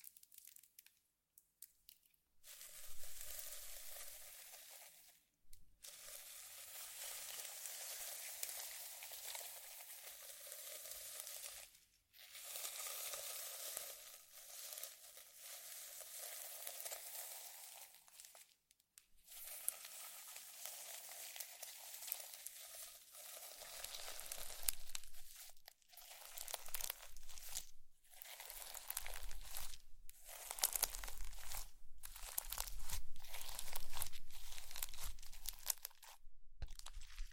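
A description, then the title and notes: Slime is squished and stretched, giving dense wet crackling bursts with brief silent gaps, becoming choppier and more frequent toward the end. ASMR Slime - SO Satisfying - ( No Talking).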